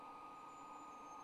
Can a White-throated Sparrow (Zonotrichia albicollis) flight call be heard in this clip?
no